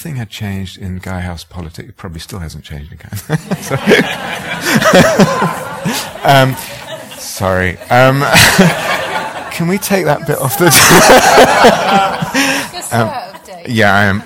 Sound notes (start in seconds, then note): 3.1 laughter; 10.2 laughter